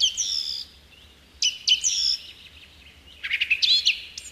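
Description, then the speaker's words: Song thrush song: bright, high whistled phrases with slurred notes, then a harsher, chattering flourish near the end. A listener's request, played on the radio; often mistaken for a thrush nightingale. "Jep, nyt kiipeää tuonne radiomaaston ylimpään haarukkaan laulurasta. ja kajauttaa koko Suomeen meidän kaikkien iloksi."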